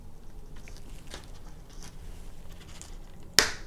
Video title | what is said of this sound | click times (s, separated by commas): Helmet Mirrors for EUC Safety | it on here and I securely and you hear it snap that's the dual | 3.4 s